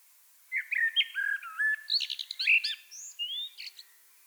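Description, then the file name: Common blackbird song: a smooth fluted warble that shifts into a jumble of high, thin, squeaky twittering notes. "Turdus merula"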